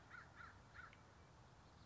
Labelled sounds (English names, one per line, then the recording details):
American Crow
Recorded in Sonoma County, California